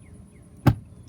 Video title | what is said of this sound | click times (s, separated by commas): Dad Replaces Cabin Air Filter in 2022 Honda Civic LX (Step-by-Step) | And you're gonna push in on each side until you hear each side click. There's one, there's two. | 0.7 s, 1.1 s